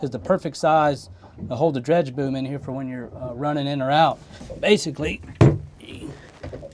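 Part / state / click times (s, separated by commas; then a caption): dredge boom pole into composite saddle clip on boat / not seated / none. Someone talks while handling a dredge boom tube at a composite saddle clip mounted on a boat, which holds the boom for running in or out. A brief sharp knock sounds around 5.8 s, but the boom has not snapped into the clip yet; nothing has seated by the end.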